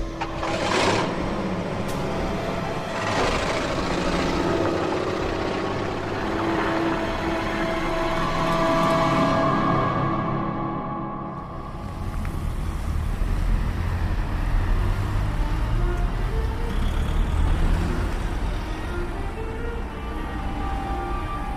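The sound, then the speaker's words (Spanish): A car engine drones and revs for several seconds, then the sound abruptly shifts to a deep, murky rumble and gurgling as the car plunges into the water of a swamp. No one speaks. “Al maletero del coche. Y todo. Al pantano.”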